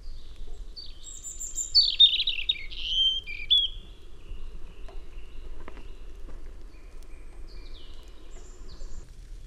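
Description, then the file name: European robin song, one short high phrase of thin descending whistles near the start, then mostly quiet with faint clicks and low background noise. "Erithacus rubecula"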